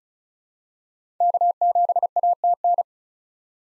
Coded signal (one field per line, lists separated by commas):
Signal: Morse code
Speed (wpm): 34 wpm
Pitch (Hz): 700 Hz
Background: none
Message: K7ATN